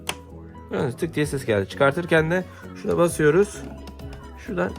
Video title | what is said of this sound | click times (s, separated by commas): aqua power halı yıkama koltuk yıkama | su çıkışı var buraya takıyoruz Bir tık sesi geliyor | 0.1 s